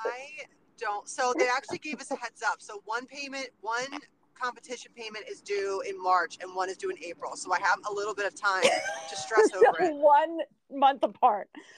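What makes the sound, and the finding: Adult woman. Typical speech.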